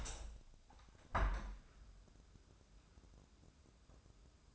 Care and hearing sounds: daily activity, microphone in the room; open window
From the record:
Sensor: 2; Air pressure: 1014.7 hPa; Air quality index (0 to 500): 54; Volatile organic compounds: 1 ppm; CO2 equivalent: 678 ppm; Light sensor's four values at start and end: 8/19/8/8 and 8/19/8/8

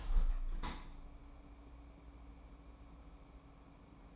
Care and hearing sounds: daily activity, microphone in the room; open window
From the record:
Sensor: 1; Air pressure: 1012.4 hPa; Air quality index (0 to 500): 170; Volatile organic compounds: 3 ppm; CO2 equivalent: 1392 ppm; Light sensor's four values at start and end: 242/555/245/271 and 240/549/243/268

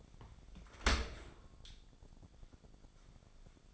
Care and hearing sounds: daily activity, microphone in the room; open dishwasher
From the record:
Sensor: 5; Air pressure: 1006.9 hPa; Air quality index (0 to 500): 182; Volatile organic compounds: 5 ppm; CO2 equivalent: 1741 ppm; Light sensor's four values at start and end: 54/152/60/60 and 53/149/59/59

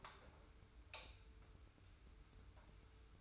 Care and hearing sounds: daily activity, microphone in the room; light on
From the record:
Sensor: 2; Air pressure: 990.9 hPa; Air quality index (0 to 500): 121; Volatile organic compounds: 86 ppm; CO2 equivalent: 3653 ppm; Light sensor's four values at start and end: 25/60/24/24 and 30/78/31/31

